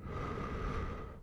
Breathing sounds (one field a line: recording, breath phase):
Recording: one breath near a microphone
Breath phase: exhalation